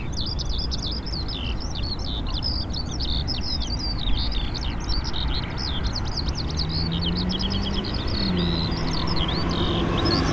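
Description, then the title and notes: Eurasian skylark singing nonstop, a dense flow of twittering high notes and short whistles, with heavy traffic rumble beneath and a passing vehicle's whine near the end. Lark singing in Taastrup, Denmark, with cars passing; sings louder while cars pass; recorded on a portable recorder with internal microphones. "Ole Rømers Vej, 2630 Taastrup, Denmark - Eurasian skylark and cars. Lark singing. While cars are passing, the lark starts singing louder. Alouette des champs. Se met à chanter plus fort lorsque des voitures passent"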